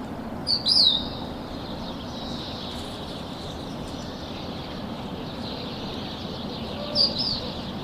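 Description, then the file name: Crested lark song: two brief high whistled phrases, one near the start and one near the end, separated by a long stretch of steady rushing background noise. "Cappellaccia"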